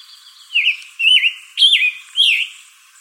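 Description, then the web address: Scarlet tanager song: four burry, hoarse phrases, each a slurred down-up note, delivered about every half second. Arizona, 22 June 2012. "Tanagers AZFO SCTA stejskal 062212"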